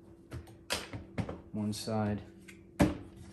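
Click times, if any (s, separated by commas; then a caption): 2.8 s. A plastic support bracket is popped forward into the base of a Bosch dishwasher, with its second side locked into place. Someone talks while faint plastic taps and knocks are heard, and the bracket clips in with a sharp snap at 2.8 s. The support is seated.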